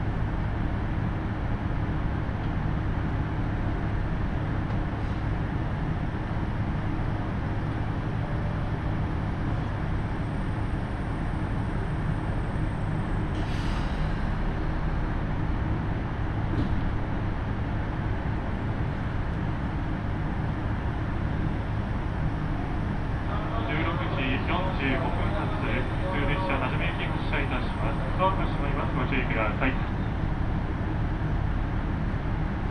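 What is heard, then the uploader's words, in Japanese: Kiha 75 train cabin on the Takayama Line, a steady low rumble of the engine and wheels, with a bright rattling burst around 23–30 seconds. 高山本線 岐阜→美濃太田（キハ75）。車両はキハ75系で快速みえ号にも使われています。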